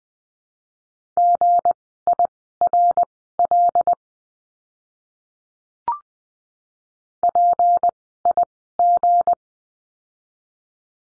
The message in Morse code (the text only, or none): GIRL PIG